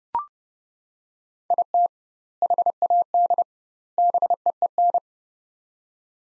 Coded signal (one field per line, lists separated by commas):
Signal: Morse code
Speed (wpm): 30 wpm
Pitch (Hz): 700 Hz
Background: none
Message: IT HAD BEEN